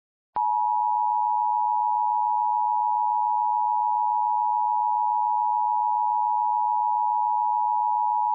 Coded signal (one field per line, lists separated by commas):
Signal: Emergency Alert System (SAME) tones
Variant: 853 and 960 Hz attention tone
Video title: EAS MOCK: A other SVR